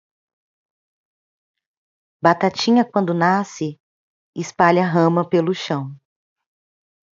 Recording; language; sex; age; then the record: short text; Brazilian Portuguese; female; 30 to 39 years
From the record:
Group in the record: control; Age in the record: 34 years